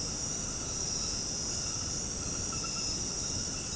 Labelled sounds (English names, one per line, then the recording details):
none
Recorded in dense forest near Puerto Asís, Putumayo, Colombia, on 19 February 2024 at 23:00
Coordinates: 0.486, -76.316
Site G6437